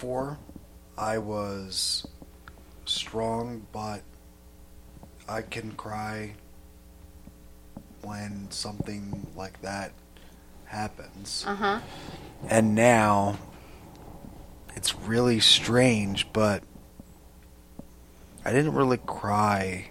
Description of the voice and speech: How aphasia impacts their ability to share stories.